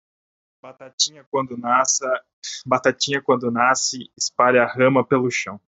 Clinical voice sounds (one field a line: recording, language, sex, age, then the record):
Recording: short text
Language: Brazilian Portuguese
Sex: male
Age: 20 to 29 years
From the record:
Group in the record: control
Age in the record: 29 years